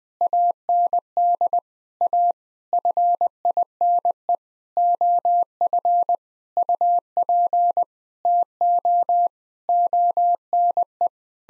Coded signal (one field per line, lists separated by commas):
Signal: Morse code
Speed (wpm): 21 wpm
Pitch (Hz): 700 Hz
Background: none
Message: AND A FINE OF UP TO ONE